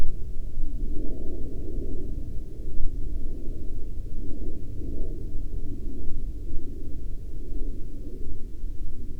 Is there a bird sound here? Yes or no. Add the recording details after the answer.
no. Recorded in the Prudhoe Bay oil fields, Alaska, on 12 May 2019 at 16:41. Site 16